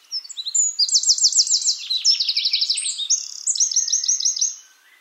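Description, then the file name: Eurasian wren delivering an energetic, very high, fast-paced song of rolling trills and crisp repeated notes, ending abruptly after about four seconds. "Troglodytes troglodytes"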